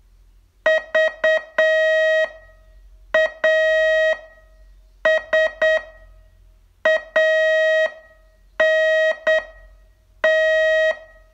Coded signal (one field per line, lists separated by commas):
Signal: Morse code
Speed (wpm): 7 wpm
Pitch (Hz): 630 Hz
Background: none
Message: VASANT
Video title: Learn Morse in 42 Days from VU2LAU - day 26 test